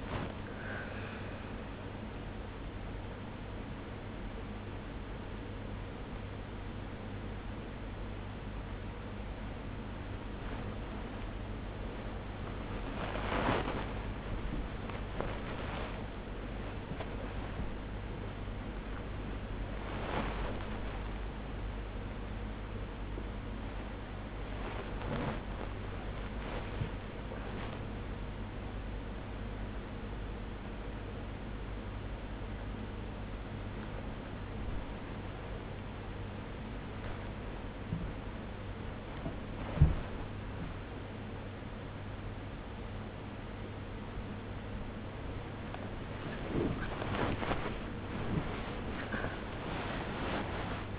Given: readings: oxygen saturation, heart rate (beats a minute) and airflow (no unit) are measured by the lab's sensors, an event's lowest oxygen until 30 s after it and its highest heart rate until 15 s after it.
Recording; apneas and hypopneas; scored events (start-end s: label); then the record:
a person awake in a sleep study, by a voice recorder at the bedside; none
0.00-50.99 s: awake
From the record:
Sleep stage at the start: awake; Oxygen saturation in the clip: 94 to 97%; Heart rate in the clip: 79 to 92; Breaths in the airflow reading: 17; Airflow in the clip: -0.7 to 0.8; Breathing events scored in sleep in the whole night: 101 in 7.3 hours asleep